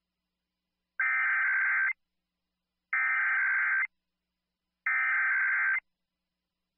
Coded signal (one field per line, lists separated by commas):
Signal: Emergency Alert System (SAME) tones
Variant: header bursts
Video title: EAS Required Monthly Test Illinois Statewide Test (January 2021) WMAY-AM +WeatherSTAR4000